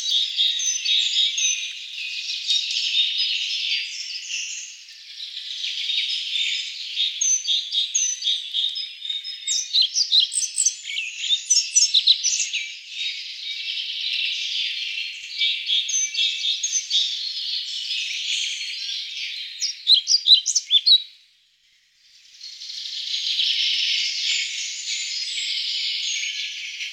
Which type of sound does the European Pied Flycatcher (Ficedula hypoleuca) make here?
song